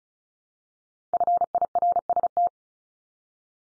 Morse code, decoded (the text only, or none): FIRST